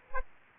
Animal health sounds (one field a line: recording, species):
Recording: mosquito wingbeat signal from an infrared sensor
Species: Aedes aegypti